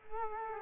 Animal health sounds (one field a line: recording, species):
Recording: mosquito wingbeat signal from an infrared sensor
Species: Culex quinquefasciatus